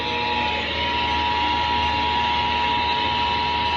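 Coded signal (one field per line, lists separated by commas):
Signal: Emergency Alert System (SAME) tones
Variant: 853 and 960 Hz attention tone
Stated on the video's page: Texas required monthly test originated from KTRH-AM and WBAP-AM, relayed by FM, TV and cable stations.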